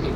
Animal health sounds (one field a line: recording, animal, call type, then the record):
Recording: contact call of a hoofed animal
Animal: pig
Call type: closed-mouth grunt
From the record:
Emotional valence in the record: positive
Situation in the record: food and toys in familiar pen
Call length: 0.16 s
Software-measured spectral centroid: 1820 Hz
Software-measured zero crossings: 940 a second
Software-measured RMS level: -25 dBFS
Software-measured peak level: -13 dBFS